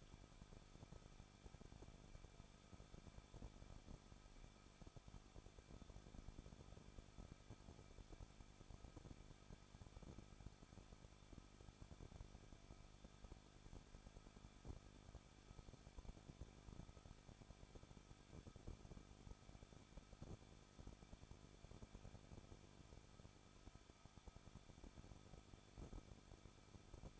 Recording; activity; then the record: daily activity, microphone in the room; no activity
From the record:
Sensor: 5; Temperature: 20.9 degrees Celsius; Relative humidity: 38.1%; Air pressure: 1006.4 hPa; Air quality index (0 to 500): 187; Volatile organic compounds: 18 ppm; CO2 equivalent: 2620 ppm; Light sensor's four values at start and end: 2/3/1/1 and 2/3/1/1